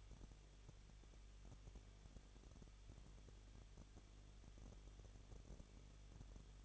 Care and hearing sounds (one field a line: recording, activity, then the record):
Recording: daily activity, microphone in the room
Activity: no activity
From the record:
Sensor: 4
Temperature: 23.0 degrees Celsius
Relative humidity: 34.4%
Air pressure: 1007.3 hPa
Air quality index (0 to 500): 216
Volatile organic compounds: 15 ppm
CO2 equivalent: 2502 ppm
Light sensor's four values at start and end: 2/3/1/1 and 2/3/1/1